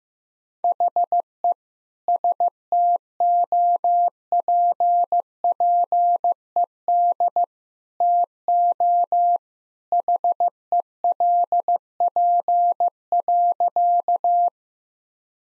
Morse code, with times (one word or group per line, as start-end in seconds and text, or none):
0.6-1.5 HE
2.1-7.4 STOPPED
8.0-9.4 TO
9.9-14.5 HELP.